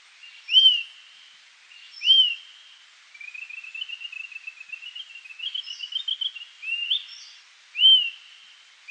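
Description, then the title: Bird song: loud upslurred whistles with a ringing tail, broken in the middle by a long, rapid, bubbling trill. "LuckyPassaro Completos2Sama"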